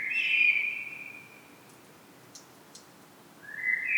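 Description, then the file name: Common blackbird giving a warbled, whistled phrase of about a second and a half, a pause with two faint ticks, then a rising note beginning at the end. "Turdus merula"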